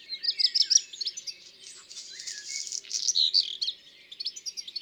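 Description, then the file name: Black redstart song with quick high chirped notes followed by a hissing, crackling section, then more short notes. "Rougequeue noir ABC des chants doiseaux"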